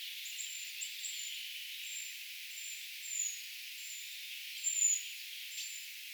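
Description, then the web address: Eurasian treecreeper calls: a run of thin, high, slightly falling notes, roughly one or two a second, with faint hiss behind. Calls of a brood of young, recorded 4 June 2025; identification tentative. "paivat 4 6 2025 tietaakseni puukiipijapesueen aantelya"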